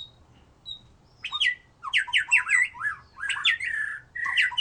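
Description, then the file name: White-rumped shama song: a quiet start, then a burst of loud, varied whistled and chattering phrases sweeping between rising and falling notes, with brief pauses. "murai batu"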